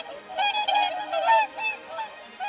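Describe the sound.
Whooper Swan flight calls: several short, nasal, trumpeting honks with bright harmonics, some overlapping, given in quick uneven succession.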